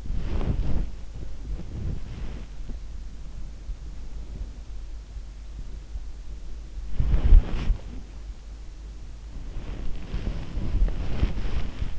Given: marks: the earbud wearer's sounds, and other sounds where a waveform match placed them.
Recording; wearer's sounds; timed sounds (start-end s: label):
sounds in sleep by an in-ear microphone; body movement
0.00-2.72 s: body movement
7.00-7.88 s: body movement
9.58-11.99 s: body movement